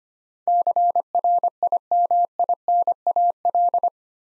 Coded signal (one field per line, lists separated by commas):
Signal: Morse code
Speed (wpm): 26 wpm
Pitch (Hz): 700 Hz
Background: none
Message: CRIMINAL